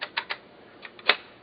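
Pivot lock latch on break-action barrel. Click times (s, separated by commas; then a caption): 1.1 s. The break-action barrel of a prototype shotgun is closed, and the pivot lock latch under the frame locks in place automatically. A few sharp mechanical clicks come early on, then a fainter pair, and the latch snaps shut with the loudest, sharpest click at 1.1 seconds, seating the barrel.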